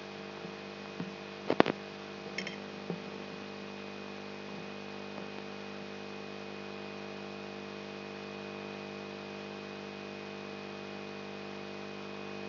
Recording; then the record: brain microelectrode recording played as sound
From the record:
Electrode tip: outside the subthalamic nucleus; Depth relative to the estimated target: -4 mm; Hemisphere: right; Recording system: AlphaMap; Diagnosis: Parkinson's disease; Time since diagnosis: 10 years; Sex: male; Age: 56 years